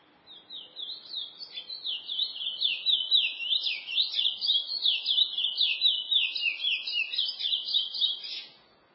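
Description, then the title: Chestnut-bellied seed finch delivering an extended fast warble of high, zigzagging whistled notes, roughly four per second, for about eight seconds. "Canto De Curio"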